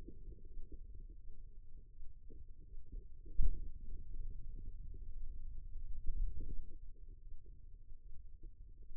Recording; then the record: forearm muscle sounds (acoustic myography)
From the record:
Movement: finger pinch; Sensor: system 2, bracelet of six BSWA MPA416 microphones around the upper forearm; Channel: 3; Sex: female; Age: 25 years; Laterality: right